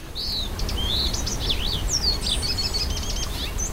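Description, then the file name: Birds chirping in a quick series of high, thin, sweeping notes and short twitters, over a steady low rumble of background noise. Young birds, Crescent Meadow, August 2015. "201508 Aug Crescent Meadows Baby Birds"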